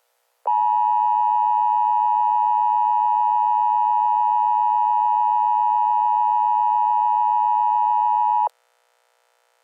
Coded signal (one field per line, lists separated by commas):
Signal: Emergency Alert System (SAME) tones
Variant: 853 and 960 Hz attention tone